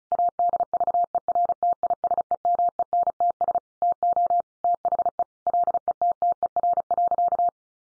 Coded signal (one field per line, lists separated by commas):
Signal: Morse code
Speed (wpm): 34 wpm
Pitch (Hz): 700 Hz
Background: none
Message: ADVERTISEMENTS TO THE LETTER.